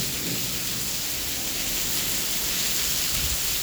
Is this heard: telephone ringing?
no